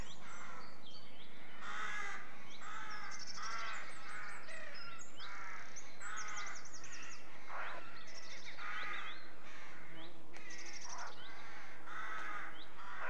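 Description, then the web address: Many rooks cawing and croaking together in a steady, low-level babble of overlapping harsh calls over a background hiss. Rookery with nests; birds at a breeding colony. "BBC Sound Effects Library. Rookery"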